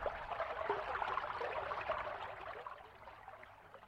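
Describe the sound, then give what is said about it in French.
Water swishes and laps steadily around a small boat being poled through the water as it heads in haste toward Saint-Laurent; a soft continuous splashing that slowly fades over a few seconds, with no voices. “le hisse dans son bateau et se dirige en hâte vers Saint-Laurent.”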